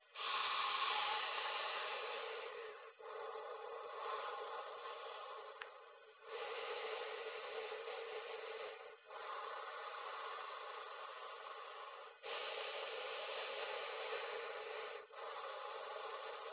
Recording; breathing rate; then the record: paced breathing near a phone; 10 breaths a minute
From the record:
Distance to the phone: 20 cm